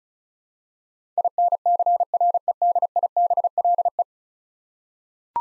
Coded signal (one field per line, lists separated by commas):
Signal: Morse code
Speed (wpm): 36 wpm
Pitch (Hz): 700 Hz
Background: none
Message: INCREDIBLE